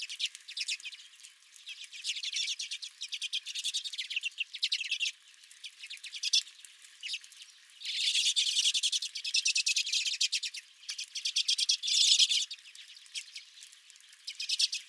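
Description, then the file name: Redpolls giving continuous twittering calls, quick repeated chips strung into long rattling runs, swelling louder around the middle and near the end. Several redpolls at the recordist's own feeder. "Redpolls at My Feeder"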